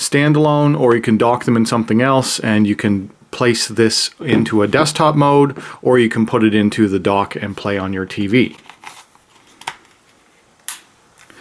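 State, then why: Seated. Someone talks, then a detachable plastic Joy-Con controller is slid down the side rail of a Nintendo Switch handheld game console, with a few faint rattles and ticks from 8.9 to 9.7 s. At 10.7 s a sharp, satisfying click is heard as the controller locks and seats in place.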